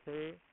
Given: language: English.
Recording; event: throat vibration sensor signal played as sound; speech